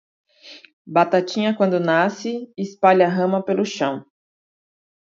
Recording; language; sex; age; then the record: short text; Brazilian Portuguese; female; 30 to 39 years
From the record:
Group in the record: control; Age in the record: 39 years